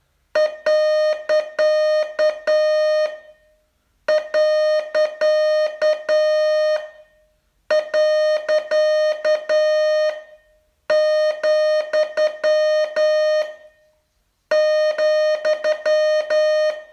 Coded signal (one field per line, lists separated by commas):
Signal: Morse code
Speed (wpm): 9 wpm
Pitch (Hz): 610 Hz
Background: none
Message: . . . , ,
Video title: Learn Morse in 42 Days from VU2LAU - day 37